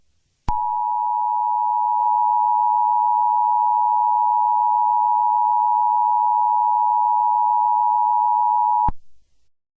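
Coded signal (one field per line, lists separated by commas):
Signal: Emergency Alert System (SAME) tones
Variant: 853 and 960 Hz attention tone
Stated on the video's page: Fictional EAS scenario, a created recreation rather than a real alert.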